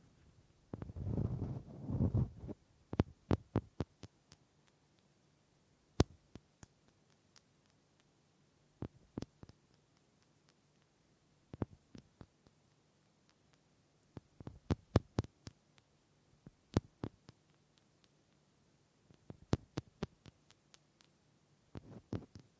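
Wood triggers: a short burst of low rubbing or scraping opens the clip, then crisp taps and knocks follow in quick clusters every few seconds, with quiet gaps between them. A faint steady low hum sits underneath throughout.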